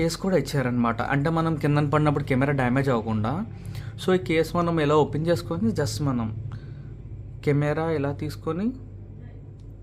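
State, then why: Not seated. A DJI Osmo Action 4 action camera is being handled beside its protective plastic frame case, which is opened before the camera is picked up. Someone talks almost throughout, and a faint short sound comes at 9.6 s. Nothing has seated or clicked yet.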